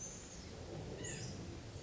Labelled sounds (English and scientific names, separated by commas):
White-breasted Nuthatch (Sitta carolinensis)